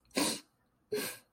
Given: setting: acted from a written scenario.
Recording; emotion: vocal sound without words; sadness